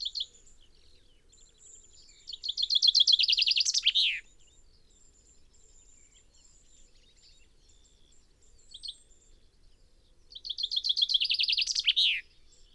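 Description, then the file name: Common chaffinch song, two phrases with a long quiet pause between, each a quick descending run of sharp notes ending in a slurred flourish. "Fringilla coelebs"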